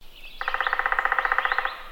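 Hairy Woodpecker giving a rapid, even rattle of sharp notes lasting over a second, steady in pitch.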